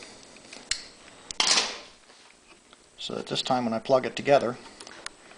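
A female spade crimp connector, squeezed slightly tighter, is handled while being readied to plug onto a male connector in the remote-start wiring harness of a Honda EU3000iS generator fitted with a 2014 long-range remote control. Brief sharp handling ticks and a short rustle are heard early, then someone talks. Nothing has seated or clicked yet.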